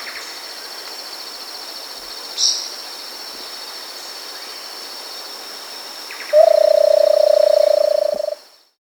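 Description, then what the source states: Versicolored barbet giving a low, fast purring trill lasting about two seconds, over a continuous high insect whine and dense forest hiss. South America.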